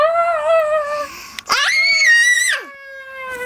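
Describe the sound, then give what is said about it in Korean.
A voice imitates frightened children screaming as they flee a shouting giant in a storytelling of The Selfish Giant: two long, high-pitched wailing screams, the first wavering and fading, then a louder, rising shriek that holds before sliding down, with a thin tail. “아이들은 겁에 질려 정신없이 달아났죠.”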